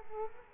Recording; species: mosquito wingbeat signal from an infrared sensor; Culex quinquefasciatus